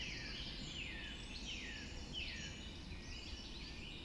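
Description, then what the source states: Bird chorus of repeated descending slurred notes and high twittering from several singers, layered over constant low background hiss. Dawn chorus recorded just after dawn in the Forest of Dean.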